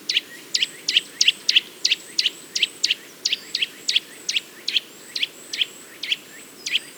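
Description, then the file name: Eurasian nuthatch uttering a steady run of sharp, clipped high calls. "Sitta europaea"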